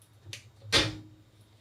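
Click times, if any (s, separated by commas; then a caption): 0.3 s. During a PC build, a component is pushed home into a motherboard slot or case mount until it latches, giving a short, bright click at 0.3 s. A louder, broader burst follows from about 0.7 to 1.0 s over a steady low hum. The component is seated.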